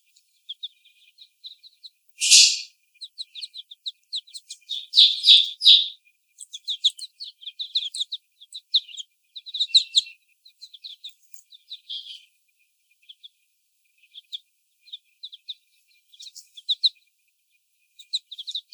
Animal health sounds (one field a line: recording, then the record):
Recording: young laying hens in a cage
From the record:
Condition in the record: before the stressor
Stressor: sudden umbrella opening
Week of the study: 1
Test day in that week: 1